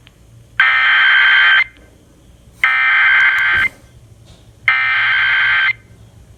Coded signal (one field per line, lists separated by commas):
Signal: Emergency Alert System (SAME) tones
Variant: header bursts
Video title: TOO MANY FLOODS! (EAS 94-101)